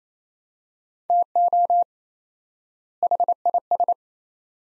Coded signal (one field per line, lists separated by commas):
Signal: Morse code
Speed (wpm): 27 wpm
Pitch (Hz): 700 Hz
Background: none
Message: TO HIS